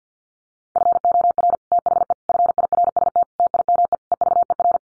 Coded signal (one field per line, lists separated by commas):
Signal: Morse code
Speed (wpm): 50 wpm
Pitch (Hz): 700 Hz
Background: none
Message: FOR THE FIRST TIME EVER